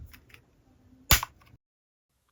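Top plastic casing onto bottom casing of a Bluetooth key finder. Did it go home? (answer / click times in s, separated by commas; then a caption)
yes / 1.1 s. The top plastic casing of a Fresh 'n Rebel Smart Finder 6ATAG3 Bluetooth key-finder tracker is pressed onto the bottom casing on each side after a coin-cell battery swap. Faint handling ticks come first, then a loud sharp snap at 1.1 s, followed by a few softer clicks. The tracker casing snaps shut and is seated.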